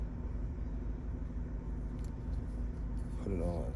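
The plastic back cover of a 2021–2025 Genesis GV80 remote key fob is lined up on the fob housing, with its tab going into the slot, before being pressed home. Someone talks over a steady low rumble, with only faint handling noise and a brief soft tick around 2.0 s. Nothing has snapped or clicked into place yet.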